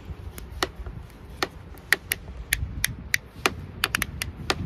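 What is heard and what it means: The back nut of a solar panel cable connector is wound tight with small plastic connector spanner tools until the tool clicks at its set tightness. A run of sharp, loud clicks is heard at about 1.9, 2.5, 2.8, 3.1, 3.5 and 3.8 seconds, confirming the nut is tight.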